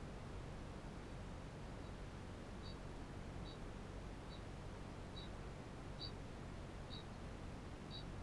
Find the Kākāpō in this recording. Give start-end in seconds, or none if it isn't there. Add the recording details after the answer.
0.97-2.12, 2.38-8.23. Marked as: faintness 5/5, faintness 4/5. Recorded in New Zealand. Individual Barnard